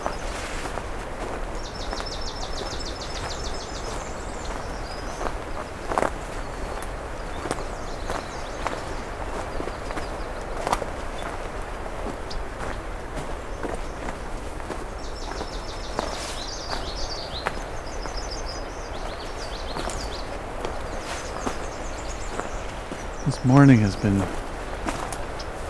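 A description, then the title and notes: Songbirds around Johnston Harbour call in bright, high trills and chirps that come in bursts, busiest near the start and again from about 15 to 22 seconds. A steady low rumble runs underneath, with scattered clicks and knocks, and a short louder sweeping call near 23 seconds. After two hours along Crane River, the birdsongs are still very intense. We’ll continue to listen to the migrant warblers and other songbird species, one last listen to the birds of Johnston Harbour.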